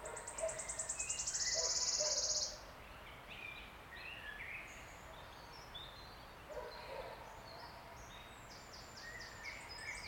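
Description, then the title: Wood warbler giving a quick run of high ticks that merges into a shivering trill, followed by assorted chirps and phrases from other birds. Male singing from oak canopy in an ancient oak wood on a steep-sided wooded valley in South Wales, in May, just after the rain stopped. "Sound Escape 16: listen to the cascade of wood warbler song in an ancient oak wood"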